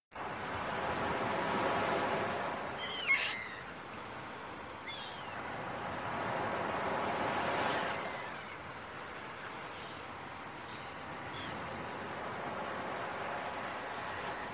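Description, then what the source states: Gull giving a few brief faint squeals over steady surf that rises and falls. Seagulls calling with beach waves early in the morning.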